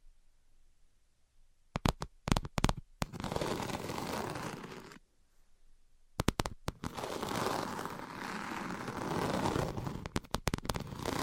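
Sharp, bright taps come in quick clusters, near two seconds, around six seconds and again near the end. Between them, dense rough scratching rushes on steadily for a couple of seconds at a time, broken by a brief near-silent gap around five seconds.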